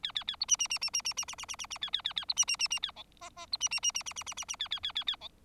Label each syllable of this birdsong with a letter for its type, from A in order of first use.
A A A B C C C C C C C C C C C C A A A A B C C C C A D E E B C C C C C C C C C A A A A A D